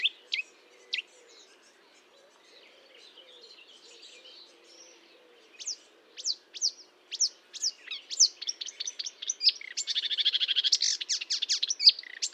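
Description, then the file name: Marsh warbler song starts sparse with a few high chips, then builds into a quickening series of whistled notes and a loud buzzy rattling trill. Recorded 1 June 2022 at 10:55, Fontaine-Française (Fourneau), France; Nagra recorder with Telinga. "Rousserolle verderolle 1055 Fontaine-Francaise-Fourneau"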